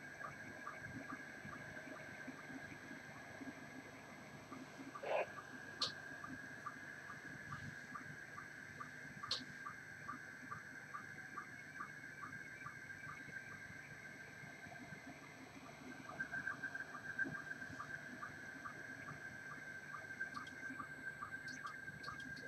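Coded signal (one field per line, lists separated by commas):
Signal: SSTV (slow-scan television)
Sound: steady warbling tone around 1.5-2 kHz with regular ticking sync blips under static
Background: radio static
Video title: Video audio RX 14.230.00 SSTV USB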